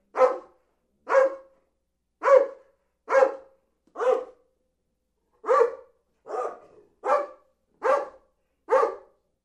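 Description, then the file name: Dog giving ten sharp barks, spaced about a second apart with a brief pause midway, each bark short and punchy, nothing else audible. Big dog. "Big Dog barking"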